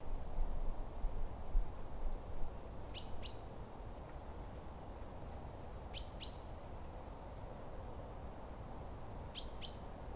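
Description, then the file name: Great tit call, a brief very high sharp note dropping to a lower one, repeated three times about every three seconds over low rumbling background noise. "Parus major"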